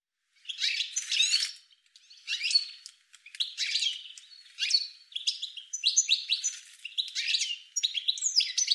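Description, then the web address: Bird calling in a rapid run of harsh, chattering chirps, high-pitched and nearly continuous, with brief gaps between bursts of notes. "cianscape birddata"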